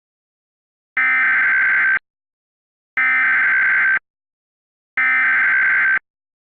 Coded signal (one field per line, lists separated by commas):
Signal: Emergency Alert System (SAME) tones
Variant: header bursts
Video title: EAS Halloween Scenario 2016 " Radioactive Flash Floods"